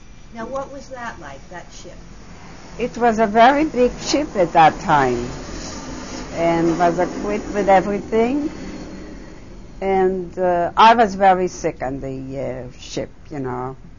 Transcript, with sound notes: Now, what was that like, that ship?
It was a very big ship at that time. ( an airplane passes overhead loudly ) It was equipped with everything. And I was very sick on the ship, you know.